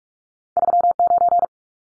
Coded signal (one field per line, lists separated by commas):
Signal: Morse code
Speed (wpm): 44 wpm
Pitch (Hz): 700 Hz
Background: none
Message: 39